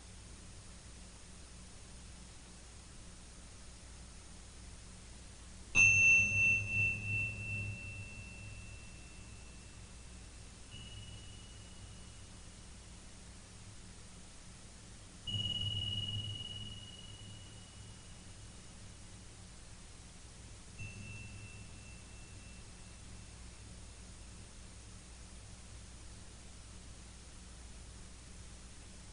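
Tibetan bells and other bell tones struck one at a time over a steady low hiss. A bright ringing strike at about six seconds pulses as it fades, then softer strikes follow near ten, fifteen and twenty-one seconds, each ringing out into quiet.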